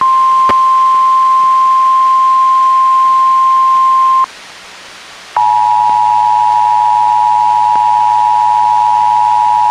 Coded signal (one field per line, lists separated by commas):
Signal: Emergency Alert System (SAME) tones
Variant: 853 and 960 Hz attention tone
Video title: EAS #503-505: 1 NWR and 2 EAS Required Monthly Tests- May 4, 2021